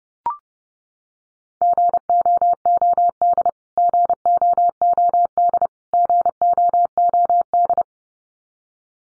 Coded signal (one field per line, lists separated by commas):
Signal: Morse code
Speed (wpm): 30 wpm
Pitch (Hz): 700 Hz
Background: none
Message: GOOD GOOD GOOD